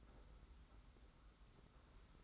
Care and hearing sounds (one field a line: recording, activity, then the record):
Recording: daily activity, microphone in the room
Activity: take from stove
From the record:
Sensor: 3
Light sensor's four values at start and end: 45/124/51/44 and 45/124/51/44